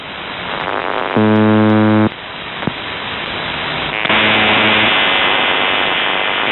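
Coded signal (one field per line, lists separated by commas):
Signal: channel marker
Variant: UVB-76 (The Buzzer)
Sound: two harsh low buzzes, each about a second long, in hissing radio static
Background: radio static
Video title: UVB-76/The Buzzer Voice Message - June 2, 2023 09:48 UTC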